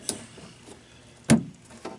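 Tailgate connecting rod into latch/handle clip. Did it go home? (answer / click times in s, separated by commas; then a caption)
yes / 0.1 s, 1.3 s. Metal connecting rods are pushed back into the plastic clips on the handle and latch of a brand-new factory takeoff 2014–2018 Chevy/GMC tailgate. Two sharp snaps are heard at 0.1 s and 1.3 s, followed by a fainter tick near 1.9 s. The rods seat in their clips.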